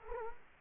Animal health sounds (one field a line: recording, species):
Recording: mosquito wingbeat signal from an infrared sensor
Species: Culex quinquefasciatus